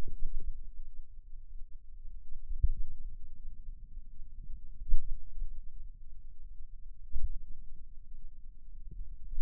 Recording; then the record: forearm muscle sounds (acoustic myography)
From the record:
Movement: finger pinch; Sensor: system 2, bracelet of six BSWA MPA416 microphones around the upper forearm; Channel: 5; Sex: male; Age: 22 years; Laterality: right